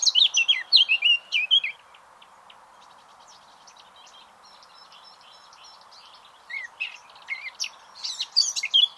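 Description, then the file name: Eurasian blackcap song: loud fluting whistled phrase, a long quiet spell of soft chattering, then another rich warbled burst. "Sylvia atricapilla"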